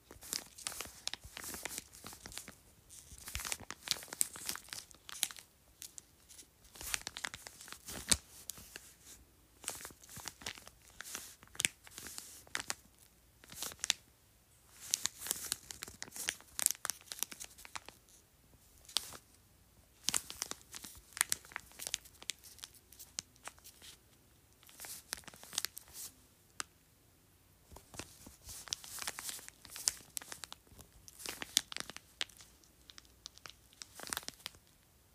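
A juice pouch is crinkled and squeezed in an irregular stream of crisp, bright rustles and crackles. Dense bursts alternate with brief quieter gaps throughout, with sharper louder crunches around 8, 15 and 30 seconds.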